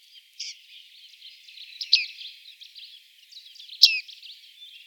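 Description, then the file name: Bearded reedling calls: sharp, high, ringing notes at irregular intervals over a soft, continuous chatter of high twittering. "Bartmeise"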